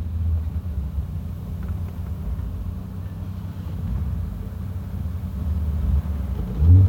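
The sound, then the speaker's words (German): A steady low rumble of a rental car's engine while driving toward Chiemsee, a continuous droning hum with faint road noise and a slight swell in loudness near the end. “Wo hast du denn den Wagen her? Mietwagen.”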